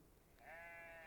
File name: nolana schafe